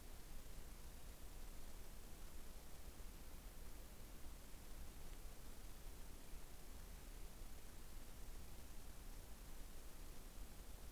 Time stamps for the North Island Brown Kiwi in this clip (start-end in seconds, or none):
none